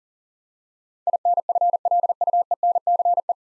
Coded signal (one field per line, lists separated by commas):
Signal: Morse code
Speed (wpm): 39 wpm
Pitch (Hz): 700 Hz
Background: none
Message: INFLUENCE